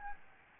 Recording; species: mosquito wingbeat signal from an infrared sensor; Aedes albopictus